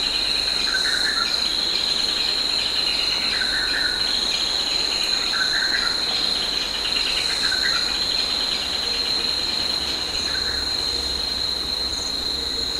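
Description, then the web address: Insects in chorus, a constant shrill high-pitched whine with recurring buzzy rasping bursts. Insects in a tropical forest. "Tom Hutchings Insects Tropical"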